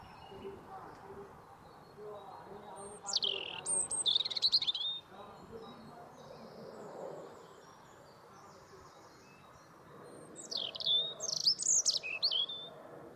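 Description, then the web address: European robin giving two high, glittering song phrases of rapid trills and slurred notes, separated by a long quiet gap with faint background sound. "cianscape birddata Deverinetal Bird Only Er Ru"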